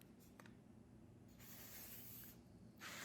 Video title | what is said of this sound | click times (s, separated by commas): Unboxing and Set Up of Marklin 29179 Jim Button Train Starter Set | so we're going to click the shorter straight track piece to it | 0.4 s